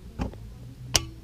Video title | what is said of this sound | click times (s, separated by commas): Turbina Turbosprężarka Wymiana od A do Z Skoda fabia 1.9 TDI Jak wymienić | było charakterystyczne kliknięcie to znaczy że jest wkręcony da nam siłą | 1.0 s